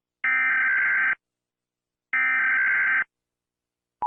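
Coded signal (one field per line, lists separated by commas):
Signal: Emergency Alert System (SAME) tones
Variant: header bursts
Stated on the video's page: Compilation of emergency alert alarms from many countries, including USA, Canada, Japan, Australia, Mexico, UK and others.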